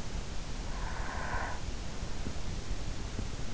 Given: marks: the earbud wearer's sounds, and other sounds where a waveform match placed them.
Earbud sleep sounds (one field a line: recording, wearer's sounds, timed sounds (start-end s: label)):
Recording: sounds in sleep by an in-ear microphone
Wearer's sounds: breath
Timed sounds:
0.60-2.14 s: breath